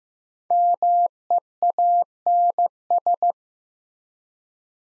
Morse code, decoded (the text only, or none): MEANS